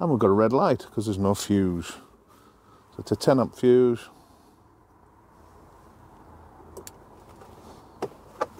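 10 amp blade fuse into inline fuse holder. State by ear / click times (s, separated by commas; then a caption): seated / 8.0 s. Someone talks, then a 10 amp blade fuse is pushed into the inline fuse holder on the loom for Auxbeam V MAX series 5" side shooter spot lights on Mule bonnet mounts; the switch shows a red light while the fuse is missing. After small taps around 6.8 and 6.9 s, a sharp positive click at 8.0 s marks the fuse seating, and the switch light changes once it is in.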